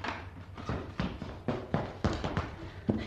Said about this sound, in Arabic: وبينما الأميرة في مخدعها إذ سمعت ضجة وجلبة وأصواتا مقتربة ووقع أقدام تسرع إليها وفتح الباب عليها.